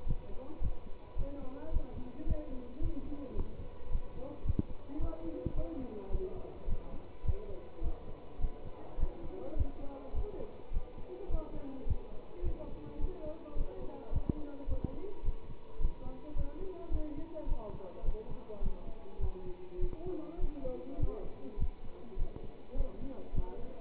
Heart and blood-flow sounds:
heart sounds by stethoscope; between the tricuspid and mitral areas; 106 bpm
0.05 s: heartbeat
0.60 s: heartbeat
1.16 s: heartbeat
1.71 s: heartbeat
2.25 s: heartbeat
2.80 s: heartbeat
3.35 s: heartbeat
3.90 s: heartbeat
4.44 s: heartbeat
4.99 s: heartbeat
5.54 s: heartbeat
6.10 s: heartbeat
6.67 s: heartbeat
7.24 s: heartbeat
7.81 s: heartbeat
8.39 s: heartbeat
8.98 s: heartbeat
9.55 s: heartbeat
10.13 s: heartbeat
10.71 s: heartbeat
11.29 s: heartbeat
11.85 s: heartbeat
12.42 s: heartbeat
12.99 s: heartbeat
13.55 s: heartbeat
14.11 s: heartbeat
14.67 s: heartbeat
15.23 s: heartbeat
15.79 s: heartbeat
16.35 s: heartbeat
16.90 s: heartbeat
17.47 s: heartbeat
18.03 s: heartbeat
18.61 s: heartbeat
19.19 s: heartbeat
19.79 s: heartbeat
20.39 s: heartbeat
20.98 s: heartbeat
21.57 s: heartbeat
22.17 s: heartbeat
22.75 s: heartbeat
23.33 s: heartbeat
From the record:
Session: pedaling a stationary bicycle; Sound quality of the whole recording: good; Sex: male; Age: 27 years

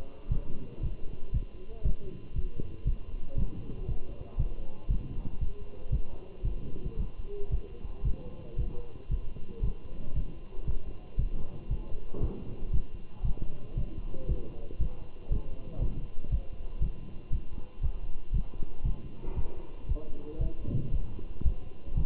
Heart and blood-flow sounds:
heart sounds by stethoscope; between the tricuspid and mitral areas; 116 bpm
0.31 s: heartbeat
0.83 s: heartbeat
1.34 s: heartbeat
1.85 s: heartbeat
2.36 s: heartbeat
2.87 s: heartbeat
3.38 s: heartbeat
3.88 s: heartbeat
4.39 s: heartbeat
4.91 s: heartbeat
5.41 s: heartbeat
5.92 s: heartbeat
6.45 s: heartbeat
6.99 s: heartbeat
7.52 s: heartbeat
8.05 s: heartbeat
8.58 s: heartbeat
9.11 s: heartbeat
9.64 s: heartbeat
10.16 s: heartbeat
10.67 s: heartbeat
11.19 s: heartbeat
11.71 s: heartbeat
12.22 s: heartbeat
12.73 s: heartbeat
13.25 s: heartbeat
13.77 s: heartbeat
14.29 s: heartbeat
14.81 s: heartbeat
15.32 s: heartbeat
15.82 s: heartbeat
16.32 s: heartbeat
16.82 s: heartbeat
17.32 s: heartbeat
17.83 s: heartbeat
18.34 s: heartbeat
18.85 s: heartbeat
19.36 s: heartbeat
19.89 s: heartbeat
20.41 s: heartbeat
20.93 s: heartbeat
21.46 s: heartbeat
21.97 s: heartbeat
From the record:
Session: walking at 3.7 km/h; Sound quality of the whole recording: good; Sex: male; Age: 27 years

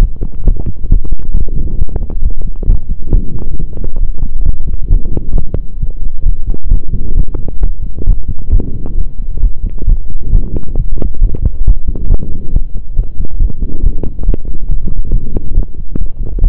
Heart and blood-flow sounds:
heart sounds by stethoscope; between the tricuspid and mitral areas; 135 bpm
0.01 s: heartbeat
0.45 s: heartbeat
0.90 s: heartbeat
1.35 s: heartbeat
1.79 s: heartbeat
2.23 s: heartbeat
2.68 s: heartbeat
3.13 s: heartbeat
3.57 s: heartbeat
4.01 s: heartbeat
4.46 s: heartbeat
4.91 s: heartbeat
5.36 s: heartbeat
5.81 s: heartbeat
6.26 s: heartbeat
6.72 s: heartbeat
7.17 s: heartbeat
7.62 s: heartbeat
8.07 s: heartbeat
8.53 s: heartbeat
8.98 s: heartbeat
9.43 s: heartbeat
9.88 s: heartbeat
10.33 s: heartbeat
10.77 s: heartbeat
11.22 s: heartbeat
11.66 s: heartbeat
12.10 s: heartbeat
12.53 s: heartbeat
12.97 s: heartbeat
13.40 s: heartbeat
13.84 s: heartbeat
14.26 s: heartbeat
14.69 s: heartbeat
15.13 s: heartbeat
15.56 s: heartbeat
15.99 s: heartbeat
16.42 s: heartbeat
From the record:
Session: pedaling a stationary bicycle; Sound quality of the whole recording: saturated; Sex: male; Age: 23 years

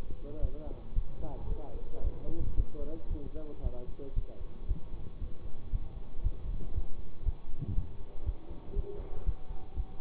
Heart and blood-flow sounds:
heart sounds by stethoscope; between the tricuspid and mitral areas; 116 bpm
0.40 s: heartbeat
0.93 s: heartbeat
1.47 s: heartbeat
2.02 s: heartbeat
2.55 s: heartbeat
3.08 s: heartbeat
3.62 s: heartbeat
4.14 s: heartbeat
4.66 s: heartbeat
5.19 s: heartbeat
5.70 s: heartbeat
6.21 s: heartbeat
6.73 s: heartbeat
7.23 s: heartbeat
7.73 s: heartbeat
8.24 s: heartbeat
8.74 s: heartbeat
9.24 s: heartbeat
9.74 s: heartbeat
From the record:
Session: bicycle stress test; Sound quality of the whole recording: good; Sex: male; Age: 24 years

